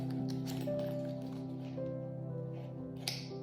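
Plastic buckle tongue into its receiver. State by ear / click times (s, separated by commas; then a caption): seated / 3.1 s. A plastic buckle tongue is pushed into its receiver to close it, heard over steady background music. A sharp click comes at 3.1 s as the buckle seats closed.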